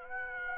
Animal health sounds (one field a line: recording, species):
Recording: mosquito wingbeat signal from an infrared sensor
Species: Aedes aegypti